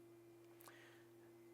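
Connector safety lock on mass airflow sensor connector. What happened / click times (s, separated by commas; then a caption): The plastic connector lock snapped down into place / 0.6 s. On a 2011-2019 Ford Fiesta, during a knock sensor replacement, the plastic safety lock on the seated mass airflow sensor connector is pressed down into place. A sharp click is heard at 0.6 s, followed by a softer tick at 0.7 s and another at 1.6 s, over a steady low hum. The safety lock snaps down and is seated.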